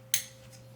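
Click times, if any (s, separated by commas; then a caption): 0.1 s. A wiring connector is pushed into its socket on the side of a cheap Civic Type R steering wheel during installation and snaps into place with a single sharp, bright click at 0.1 s. The click fades quickly over a steady low hum, confirming the connector has seated.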